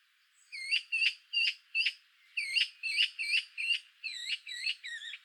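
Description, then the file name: Eurasian magpie giving a rapid series of harsh, harmonic chattering notes, about a dozen in five seconds, some with bending upward-and-downward inflections, no other sounds clear. "Pica pica"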